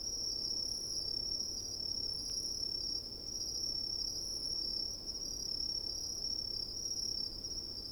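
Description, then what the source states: Crickets chirping in a steady, continuous high-pitched trill with a fainter higher band above, over a soft low rumble of wind. Crickets in coniferous forest at night, with soft wind.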